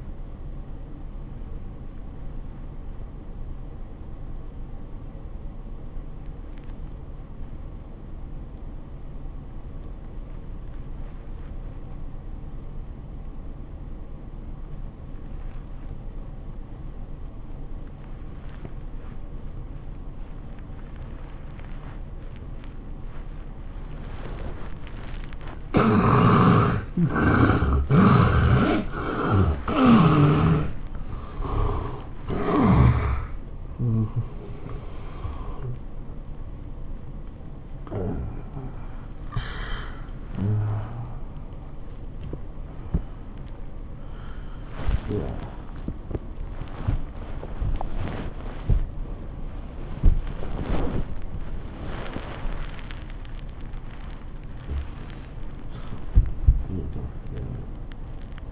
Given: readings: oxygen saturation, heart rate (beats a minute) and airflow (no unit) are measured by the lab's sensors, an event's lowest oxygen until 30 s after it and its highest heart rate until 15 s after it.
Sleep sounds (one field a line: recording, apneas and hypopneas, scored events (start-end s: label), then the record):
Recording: breathing in sleep by a smartphone at the bedside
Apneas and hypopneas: 1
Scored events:
4.00-27.40 s: obstructive apnea (N1, oxygen 98% highest, then 72% lowest, heart rate 79 at the start, 103 highest)
From the record:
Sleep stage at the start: N1 (lightest sleep)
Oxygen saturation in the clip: 72 to 98%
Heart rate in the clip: 74 to 105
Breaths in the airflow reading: 8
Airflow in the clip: -10.8 to 11.9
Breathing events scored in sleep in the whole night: 403 in 5.5 hours asleep